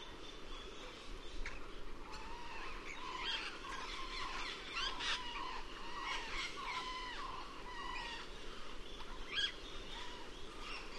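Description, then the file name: Cuban amazon calls: harsh, harmonic squawks at irregular intervals, some clustered, some single, over a steady low rumble of background noise. "cuban parrot"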